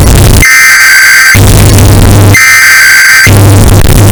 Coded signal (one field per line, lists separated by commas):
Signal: Emergency Alert System (SAME) tones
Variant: header bursts